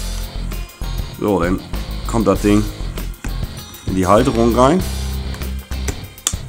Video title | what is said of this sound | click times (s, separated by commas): Romantischer Equiptment Vlog, Popschutz aus dem Bauchfell einer trächtigen Bibermutter | Schön darauf achten, dass es auch einrastet. | 6.3 s